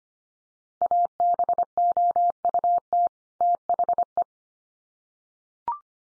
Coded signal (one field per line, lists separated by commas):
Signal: Morse code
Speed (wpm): 25 wpm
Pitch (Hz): 700 Hz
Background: none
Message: ABOUT THE